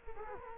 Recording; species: mosquito wingbeat signal from an infrared sensor; Culex quinquefasciatus